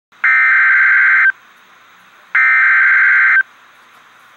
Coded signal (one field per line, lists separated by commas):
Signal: Emergency Alert System (SAME) tones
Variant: header bursts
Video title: REAL EAS 894-Severe thunderstorm warning